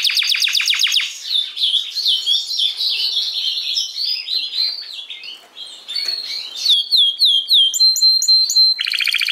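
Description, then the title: Domestic canary song: rapid trills of high notes, then warbling phrases, looping slurred whistles and a steady held note before a fast closing trill. "Kenari Portugis"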